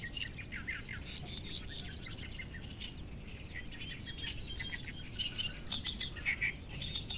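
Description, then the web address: Bird chorus with a high, thin, pulsing note repeated several times a second, mixed with lower chirps and trills over soft background noise. "yacho koe 190621"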